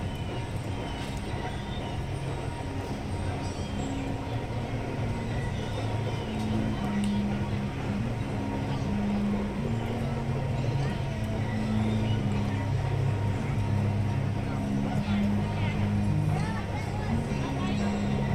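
A walk along the Grizzly Peak and Redwood Creek Challenge Trail at Disney's California Adventure, with a steady wash of crowd chatter throughout. Low tones hum and shift underneath, like music or machinery, while scattered voices and small clatters rise and fall without pause.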